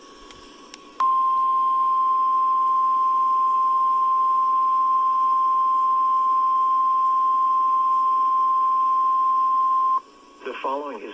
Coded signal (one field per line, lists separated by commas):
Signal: Emergency Alert System (SAME) tones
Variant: 1050 Hz attention tone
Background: speech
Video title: EAS #1147 SQW NWS Binghamton